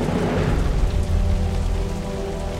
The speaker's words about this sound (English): Now it happened in the meantime that the sky became black with clouds and wind, and there was a heavy rain.